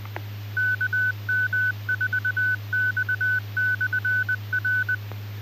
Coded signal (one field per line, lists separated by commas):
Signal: Morse code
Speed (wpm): 20 wpm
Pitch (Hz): 1500 Hz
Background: none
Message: KM4X/R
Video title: Mountain Empire Amateur Radio Society Net 10-29-2025